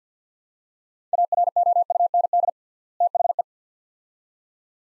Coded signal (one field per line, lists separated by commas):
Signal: Morse code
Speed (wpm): 50 wpm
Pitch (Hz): 700 Hz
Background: none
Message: AROUND THE